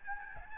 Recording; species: mosquito wingbeat signal from an infrared sensor; Aedes albopictus